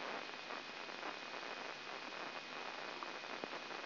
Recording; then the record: brain microelectrode recording played as sound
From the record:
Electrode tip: inside the subthalamic nucleus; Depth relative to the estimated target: 0 mm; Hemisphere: right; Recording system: AlphaMap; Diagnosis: Parkinson's disease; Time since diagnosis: 9 years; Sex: male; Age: 53 years